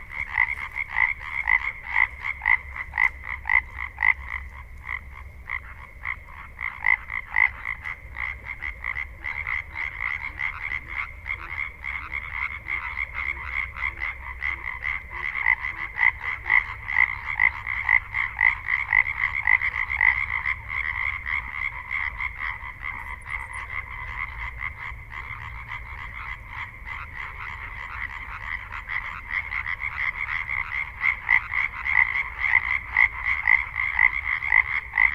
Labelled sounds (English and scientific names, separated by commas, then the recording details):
Common Tree Frog (Hyla arborea) call
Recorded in the wild
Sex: male
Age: adult
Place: Kützerhof, Kummerower See, Mecklenburg-Vorpommern, DE
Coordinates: 53.8542, 12.8578
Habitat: wetland
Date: 2010-04-13 23:00
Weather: klare Nacht, 8°C, windstill, Wassertemperatur 10°C
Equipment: Sound Devices 702, zwei Sennheiser MKH 40, Rycote Windschutz
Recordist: Frommolt, Karl-Heinz